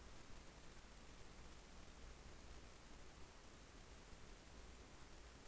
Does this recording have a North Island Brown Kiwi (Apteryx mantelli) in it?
no